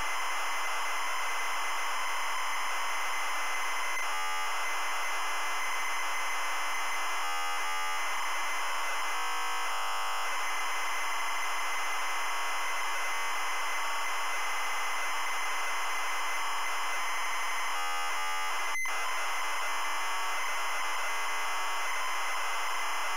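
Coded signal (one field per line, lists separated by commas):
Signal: ZX Spectrum tape loading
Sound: harsh continuous screeching data noise, broken by short buzzy striped pilot-like tone bursts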